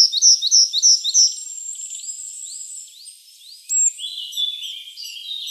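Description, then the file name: Eurasian blue tit opening with four fast, bright, high notes, followed by thin rising whistles and scattered chirps. "Cyanistes caeruleus"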